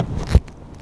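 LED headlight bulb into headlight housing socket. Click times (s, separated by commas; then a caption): 0.3 s. An LED headlight bulb for a 2016 Chrysler 300 S is inserted into the back of the plastic headlight housing and twisted to lock it in place. A low scraping, rubbing sound builds up to a sharp click at 0.4 s, after which the sound drops to quiet. The bulb twist-locks and seats in the housing socket.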